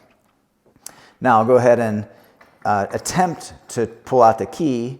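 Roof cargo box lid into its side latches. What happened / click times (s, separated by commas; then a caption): The lid snapped shut but did not engage all its latches / 0.9 s. A plastic Inno Box 2020 roof-top cargo box lid is pushed down into its side latches and shut with a sharp click at 0.9 s, after which someone talks. The lid closes, but not all of its latches engage, so the key cannot yet be pulled out.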